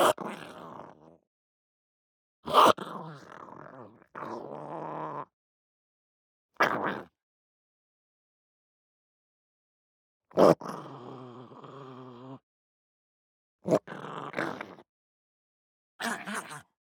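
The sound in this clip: Pug snarling in harsh, throaty bursts separated by pauses of a few seconds.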